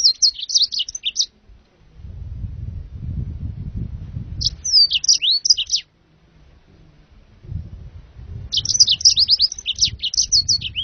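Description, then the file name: Yellow-fronted canary giving three bursts of high chirpy, tumbling notes, with a low rumble between them. "serinus mozambicus"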